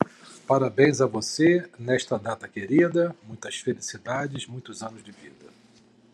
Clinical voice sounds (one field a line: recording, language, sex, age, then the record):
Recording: short text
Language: Brazilian Portuguese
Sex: male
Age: 50 to 59 years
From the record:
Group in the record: control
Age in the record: 51 years